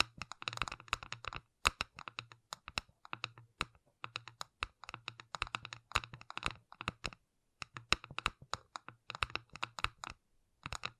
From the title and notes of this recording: ASMR Gentle Tapping You Will Fall Asleep To (No Talking).